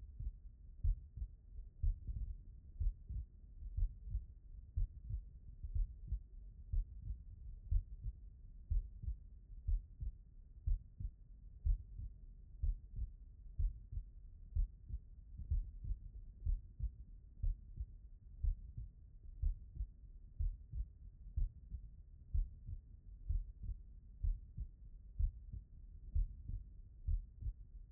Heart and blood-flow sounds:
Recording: heart sounds by stethoscope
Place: tricuspid valve (TV)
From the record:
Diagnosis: non-HFrEF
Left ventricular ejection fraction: 65%

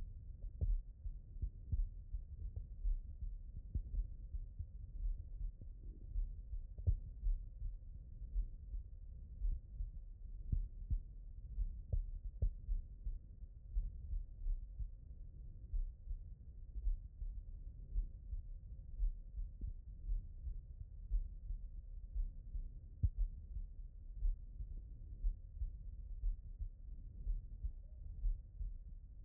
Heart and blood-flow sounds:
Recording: heart sounds by stethoscope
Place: pulmonary valve (PV)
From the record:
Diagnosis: non-HFrEF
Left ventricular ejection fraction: 75%

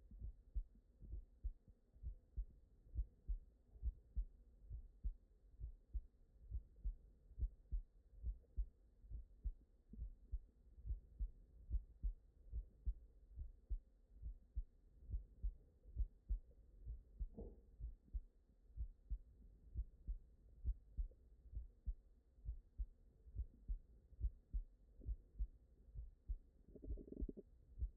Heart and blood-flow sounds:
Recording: heart sounds by stethoscope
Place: tricuspid valve (TV)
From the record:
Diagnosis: non-HFrEF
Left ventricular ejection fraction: 63%

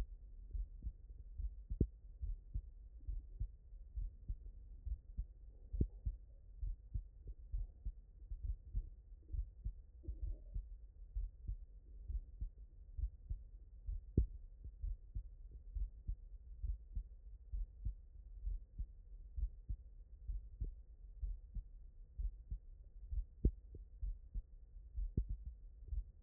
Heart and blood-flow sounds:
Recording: heart sounds by stethoscope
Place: tricuspid valve (TV)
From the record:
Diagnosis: non-HFrEF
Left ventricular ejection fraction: 65%

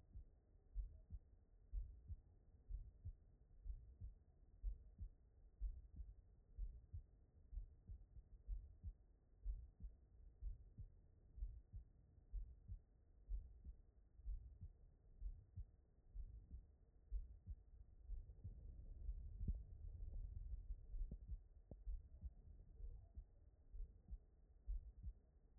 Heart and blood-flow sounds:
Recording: heart sounds by stethoscope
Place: pulmonary valve (PV)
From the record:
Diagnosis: non-HFrEF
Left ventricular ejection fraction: 62%

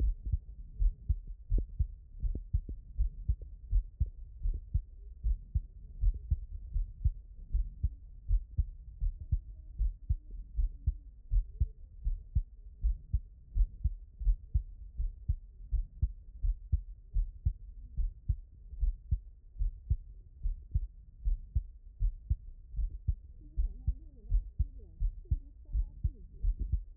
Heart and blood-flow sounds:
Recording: heart sounds by stethoscope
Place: mitral valve (MV)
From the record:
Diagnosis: non-HFrEF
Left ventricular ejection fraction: 63%

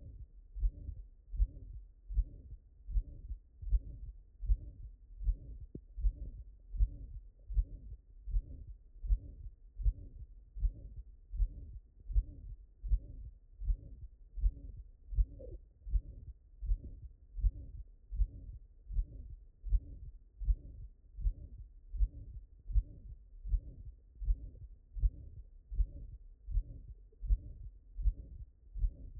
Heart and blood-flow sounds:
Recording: heart sounds by stethoscope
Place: mitral valve (MV)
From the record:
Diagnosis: non-HFrEF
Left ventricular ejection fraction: 61%

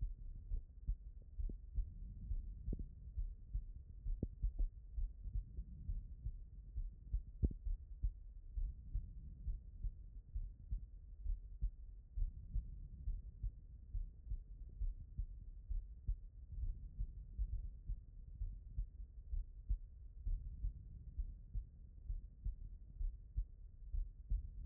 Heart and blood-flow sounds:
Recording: heart sounds by stethoscope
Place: pulmonary valve (PV)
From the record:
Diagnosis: non-HFrEF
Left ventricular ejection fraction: 64%

